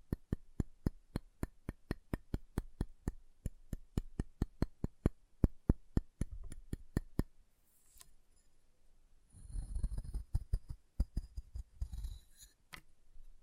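Chalk being carved and cut: quick, evenly spaced crisp ticks, about four per second, run for the first seven seconds. After a brief pause comes a rougher, lower scraping burst with a bright hiss around ten seconds, then scattered, irregular taps to the end.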